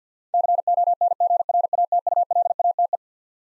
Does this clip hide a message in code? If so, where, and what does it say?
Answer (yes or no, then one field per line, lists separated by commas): yes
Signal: Morse code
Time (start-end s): 0.3-3.0 s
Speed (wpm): 50 wpm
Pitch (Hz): 700 Hz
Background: none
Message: CONGRATULATE